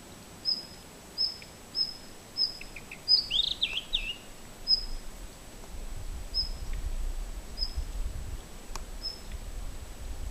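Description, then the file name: Daurian redstart alarm calls: thin high whistles repeated at irregular intervals, with a short scratchy warbled song phrase about a third of the way through, over low rumbling background noise. Male giving alarm calls and song; Bolshiye Koty; 7 May 2009. "Phoenicurus auroreus male-alarm-and-song Bolshiye Koty 7 May 2009 background-Parus major"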